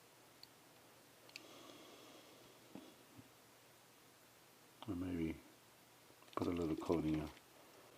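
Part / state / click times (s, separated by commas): barrel bushing in 1911 pistol slide / not seated / none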